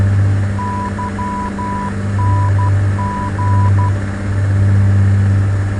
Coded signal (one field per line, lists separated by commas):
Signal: Morse code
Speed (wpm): 12 wpm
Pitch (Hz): 990 Hz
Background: none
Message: YNG